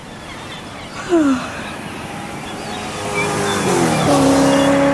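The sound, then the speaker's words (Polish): A car engine rises and revs as the vehicle drives in, with gliding tonal whines climbing in pitch and a brief squeal early on, growing louder toward the end. “Co to było? Lato wjechało!”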